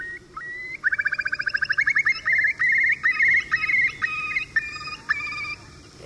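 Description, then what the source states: Eurasian curlew call: a run of rapid fluting notes, then longer clear whistled notes, with fainter higher tones above. Call described as plaintive, delicate and fluting, building on itself and growing louder and louder.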